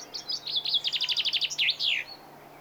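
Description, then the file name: Common chaffinch singing one phrase, a quick series of repeated sweeping notes ending in a falling flourish. "Fringilla coelebs"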